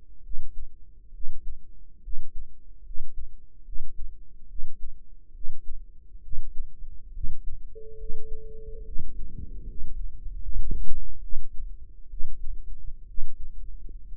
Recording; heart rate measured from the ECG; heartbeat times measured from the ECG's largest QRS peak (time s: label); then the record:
heart sounds by microphone in the right ear; 69 bpm
0.21 s: heartbeat
1.11 s: heartbeat
2.00 s: heartbeat
2.82 s: heartbeat
3.63 s: heartbeat
4.46 s: heartbeat
5.31 s: heartbeat
6.20 s: heartbeat
7.11 s: heartbeat
7.96 s: heartbeat
8.83 s: heartbeat
9.65 s: heartbeat
10.39 s: heartbeat
11.20 s: heartbeat
12.08 s: heartbeat
13.06 s: heartbeat
14.06 s: heartbeat
From the record:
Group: healthy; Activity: rest 0-11 s, Valsalva maneuver 11-14 s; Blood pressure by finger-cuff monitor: 116/76 mmHg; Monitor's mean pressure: 88 mmHg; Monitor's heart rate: 69 bpm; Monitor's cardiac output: 5.4 L/min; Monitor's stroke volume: 77 mL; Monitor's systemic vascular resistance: 1180 dyn s/cm5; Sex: female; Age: 22 years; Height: 160 cm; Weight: 45 kg